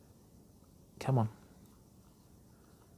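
A keyed internal part is turned anti-clockwise while being fitted back into a spinning fishing reel body during reassembly. Someone talks briefly around 1.0–1.3 s over a quiet background. Nothing has seated or clicked into place yet.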